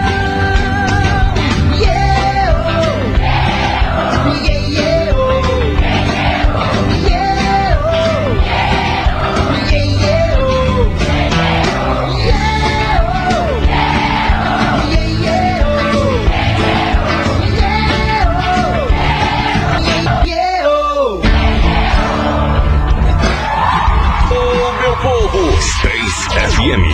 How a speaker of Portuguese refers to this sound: Eu quero ouvir vocês nessa troca de energia. Vai, galera, coração, quero ouvir a multidão.